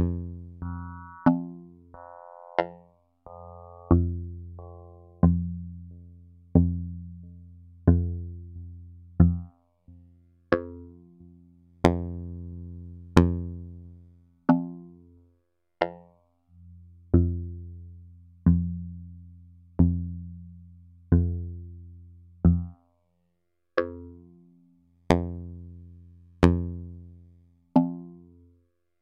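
Vactrol drone tones sound as a steady run of low, ringing synth notes, each struck with a bright attack and fading slowly before the next. Notes arrive about every second or so, sometimes in quick pairs, shifting slightly in pitch and brightness throughout.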